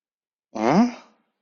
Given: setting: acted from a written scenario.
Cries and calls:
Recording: vocal sound without words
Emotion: confusion

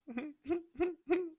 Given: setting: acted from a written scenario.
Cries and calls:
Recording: vocal sound without words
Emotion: sadness

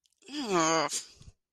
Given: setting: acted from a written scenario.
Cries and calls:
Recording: vocal sound without words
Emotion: disgust

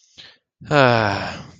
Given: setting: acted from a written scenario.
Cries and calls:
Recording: vocal sound without words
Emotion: contentment

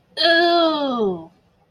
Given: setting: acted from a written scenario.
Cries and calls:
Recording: vocal sound without words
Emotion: disgust

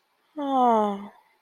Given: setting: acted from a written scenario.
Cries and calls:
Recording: vocal sound without words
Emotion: romantic love

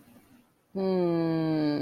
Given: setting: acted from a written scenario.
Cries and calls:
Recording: vocal sound without words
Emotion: confusion

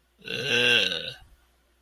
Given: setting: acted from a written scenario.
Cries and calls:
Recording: vocal sound without words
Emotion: disgust

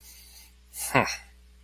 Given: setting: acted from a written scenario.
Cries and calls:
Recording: vocal sound without words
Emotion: neutral

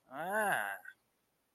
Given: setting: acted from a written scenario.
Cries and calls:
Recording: vocal sound without words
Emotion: disgust

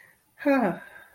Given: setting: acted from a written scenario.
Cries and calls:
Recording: vocal sound without words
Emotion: contempt

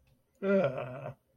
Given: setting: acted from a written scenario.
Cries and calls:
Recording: vocal sound without words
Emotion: disappointment

